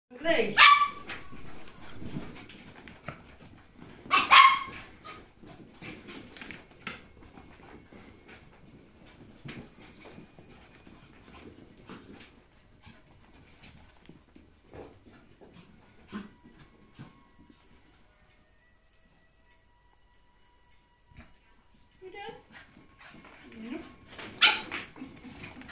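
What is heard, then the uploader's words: Dogs doing laps of the lounge, with scrabbling, thudding movement and a couple of sharp yelps or bark-like bursts near the start and again around 24 seconds. The middle stretch goes quiet with faint rustles, then activity picks back up near the end. Dogs doing laps of the lounge.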